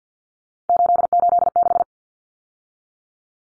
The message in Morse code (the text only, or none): 886